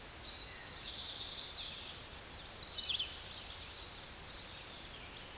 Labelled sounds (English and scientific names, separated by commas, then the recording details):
Tennessee Warbler (Leiothlypis peregrina) song
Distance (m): 20 m
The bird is about 10 m above the microphone
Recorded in a Pennsylvania forest on 16 May 2024 at 08:11
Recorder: AudioMoth, point MSD-1849
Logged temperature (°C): 12.1 °C
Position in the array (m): 39 m, 24 m